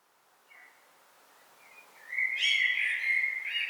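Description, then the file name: Common blackbird gives a single song phrase after a quiet start: a fluted warble topped by thin high notes. "Turdus merula"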